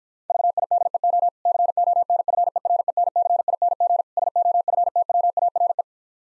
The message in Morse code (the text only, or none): VIDEO CONFERENCING SOFTWARE